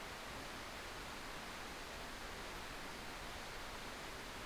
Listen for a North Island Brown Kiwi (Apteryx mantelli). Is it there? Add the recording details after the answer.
no. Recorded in New Zealand on 13 December 2015. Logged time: 21:44. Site CL72